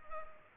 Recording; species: mosquito wingbeat signal from an infrared sensor; Culex pipiens